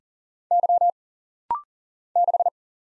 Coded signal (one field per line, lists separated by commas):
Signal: Morse code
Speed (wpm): 40 wpm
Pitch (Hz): 700 Hz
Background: none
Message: Y 6